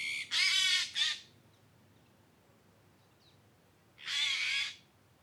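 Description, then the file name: Eurasian jay calls: a few harsh, rasping screeches in quick succession, a quiet gap of about three seconds, then another rough screech. "Garrulus glandarius"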